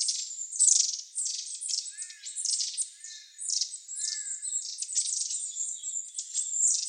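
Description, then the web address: Long-tailed tit calls: a dense stream of thin, very high, buzzy notes, with a few lower soft arched notes at around two and four seconds. Recorded on 10 May 2019. "birdenaga enaga"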